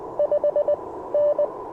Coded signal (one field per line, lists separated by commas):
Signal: Morse code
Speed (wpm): 20 wpm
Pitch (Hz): 590 Hz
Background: none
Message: 5N